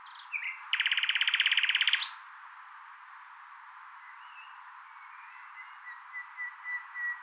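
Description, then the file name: Common nightingale phrase: a few short chips lead into a loud, fast, buzzy rattle lasting over a second, followed by quiet, drawn-out whistled notes growing slowly louder. "Luscinia megarhynchos"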